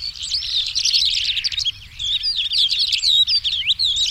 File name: calandralark